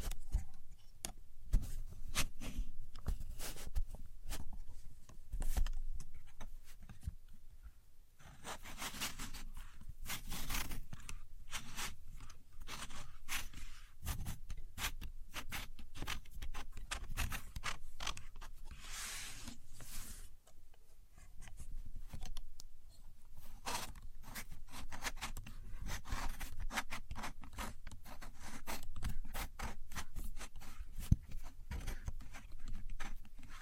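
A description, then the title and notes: A contour gauge being used, its pins making dense, rapid clicking and scraping sounds that run almost continuously. Bursts of sharp ticks come in quick clusters, with brief lulls near 8 and 20 seconds. A low rumble sits underneath throughout. Using A Contour Gauge (No Talking).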